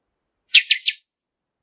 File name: Canto-do-Pixoxó